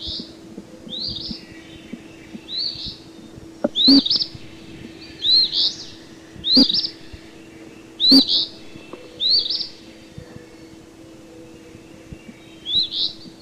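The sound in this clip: Eastern phoebe repeating its quick, raspy two-note phrase about nine times at fairly regular intervals with a longer gap before the last, with a constant low hum and a few sharp clicks behind.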